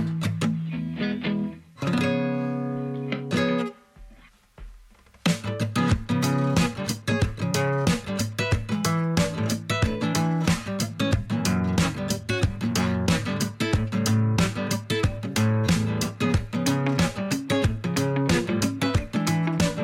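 A French pop song plays: a short sustained chordal intro, a brief dip, then a full band enters around five seconds with a steady, driving beat and bright, dense accompaniment at constant volume.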